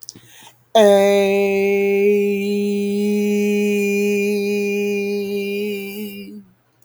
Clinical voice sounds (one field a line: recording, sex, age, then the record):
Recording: vowel held as long as possible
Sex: female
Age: 50 to 59 years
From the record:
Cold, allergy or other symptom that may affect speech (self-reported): no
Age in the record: 55 years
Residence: California, United States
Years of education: 18